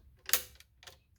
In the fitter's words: I put it there and press down until it clicks.